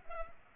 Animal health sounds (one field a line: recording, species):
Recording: mosquito wingbeat signal from an infrared sensor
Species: Culex pipiens